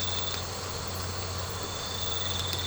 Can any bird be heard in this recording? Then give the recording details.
no. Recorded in secondary vegetation near Puerto Asís, Putumayo, Colombia, on 19 March 2025 at 23:30. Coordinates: 0.468, -76.324. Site G059